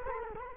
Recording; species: mosquito wingbeat signal from an infrared sensor; Culex quinquefasciatus